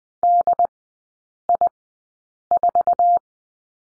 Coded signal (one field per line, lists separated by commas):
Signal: Morse code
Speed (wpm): 20 wpm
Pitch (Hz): 700 Hz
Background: none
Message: DI4